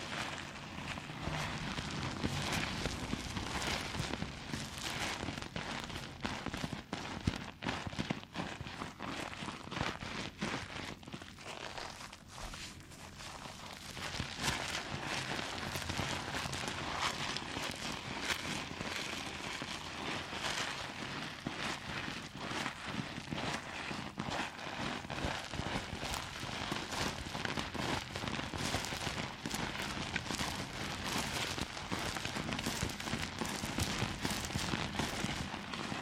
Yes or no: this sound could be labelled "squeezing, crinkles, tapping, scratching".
yes